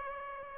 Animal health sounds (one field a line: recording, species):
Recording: mosquito wingbeat signal from an infrared sensor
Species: Aedes aegypti